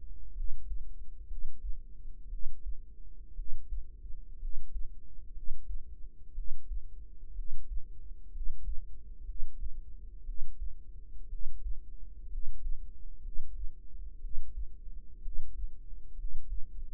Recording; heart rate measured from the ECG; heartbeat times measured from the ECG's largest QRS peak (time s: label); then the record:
heart sounds by microphone in the right ear; 61 bpm
0.32 s: heartbeat
1.25 s: heartbeat
2.27 s: heartbeat
3.33 s: heartbeat
4.37 s: heartbeat
5.31 s: heartbeat
6.32 s: heartbeat
7.32 s: heartbeat
8.29 s: heartbeat
9.23 s: heartbeat
10.23 s: heartbeat
11.27 s: heartbeat
12.27 s: heartbeat
13.20 s: heartbeat
14.18 s: heartbeat
15.19 s: heartbeat
16.14 s: heartbeat
From the record:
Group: healthy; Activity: rest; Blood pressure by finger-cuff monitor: 107/67 mmHg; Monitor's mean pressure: 78 mmHg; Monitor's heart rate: 60 bpm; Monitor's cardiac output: 5.1 L/min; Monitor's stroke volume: 84 mL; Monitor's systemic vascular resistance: 1180 dyn s/cm5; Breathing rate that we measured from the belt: 16 breaths a minute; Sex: female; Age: 22 years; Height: 171 cm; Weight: 65.6 kg